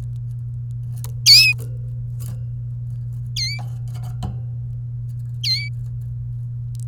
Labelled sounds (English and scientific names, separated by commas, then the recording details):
Domestic Canary (Serinus canaria) song
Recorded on 27 April 2018 at 17:04
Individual llb3